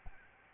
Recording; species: mosquito wingbeat signal from an infrared sensor; Aedes albopictus